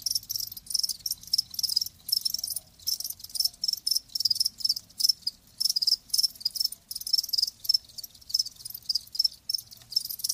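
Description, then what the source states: Crickets chirping in clustered bursts of high pulses, with brief gaps between groups. Live crickets chirping.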